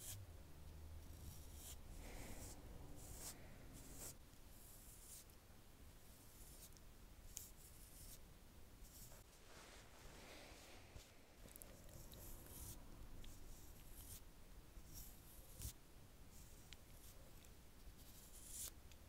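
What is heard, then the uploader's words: A men's shave and grooming session: steady scraping and rubbing strokes run throughout, with bright, crisp bursts repeating every second or so. A low rumble holds underneath, and a few sharp clicks stand out near 7.5 and 15.5 seconds. ASMR Men’s Shave & Grooming Session Roleplay.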